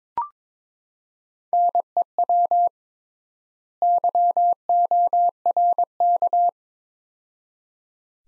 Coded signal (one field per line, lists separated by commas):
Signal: Morse code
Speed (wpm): 22 wpm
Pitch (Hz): 700 Hz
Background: none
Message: NEW YORK